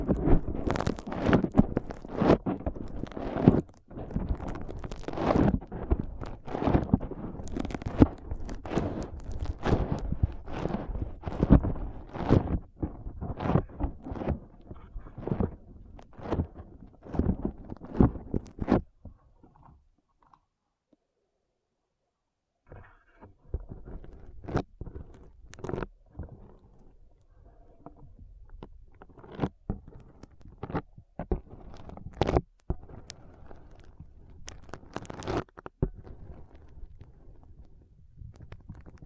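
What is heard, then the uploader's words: Foam being pressed and rubbed in an ASMR brain massage, a dense run of soft crackling squishes and thumps for the first eighteen seconds. After a few seconds of near silence, quieter, sparser squeezes return, with occasional sharper pops. ASMR Powerful Foam Brain Massage.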